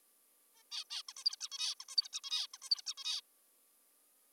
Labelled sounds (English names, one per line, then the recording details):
Zebra Finch
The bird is an adult
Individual g19o3U